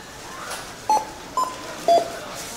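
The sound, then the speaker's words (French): Three short electronic beeps from cash registers in a grocery store, evenly spaced about half a second apart, each a clear mid-high tone rising above a low, steady background hum. “Et des lumières rouges s'affichent en avant de chaque caisse enregistreuse. Pour aller avec les bips.”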